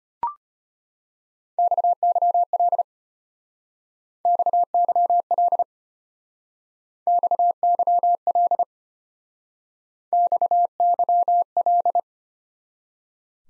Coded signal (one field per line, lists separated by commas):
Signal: Morse code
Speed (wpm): 31 wpm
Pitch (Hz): 700 Hz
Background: none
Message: XYL XYL XYL XYL